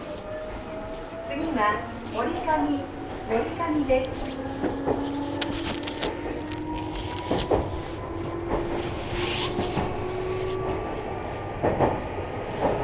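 A ride on the Meitetsu Bisai Line train, with a motor whine climbing steadily in pitch as the train gathers speed. A voice speaks over a low rumble in the first few seconds, and sharp clanks and rattles from the wheels recur throughout.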